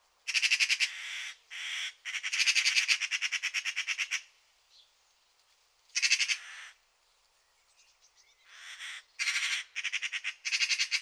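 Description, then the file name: Eurasian magpie chattering in harsh, rattling bursts of rapid repeated notes, some long runs and some short, separated by brief pauses and a quieter gap midway. "Pica pica"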